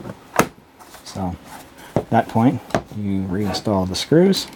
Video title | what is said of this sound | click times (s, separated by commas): Blackmagic Design Teranex Mini Smart Panel | took the new Heil and it just snaps right into place so | 0.4 s